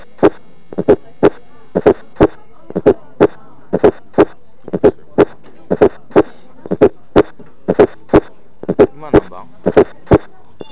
Fourth Heart Sound (S4 Gallop).